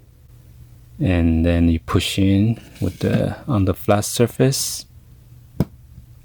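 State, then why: Seated. Someone talks while a metal pin is pushed back into a link of a metal Michael Kors watch band, pressed against a flat surface. A single sharp click sounds at 5.6 s as the pin seats correctly in the link.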